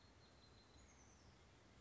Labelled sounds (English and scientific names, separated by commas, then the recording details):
Oak Titmouse (Baeolophus inornatus)
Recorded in Sonoma County, California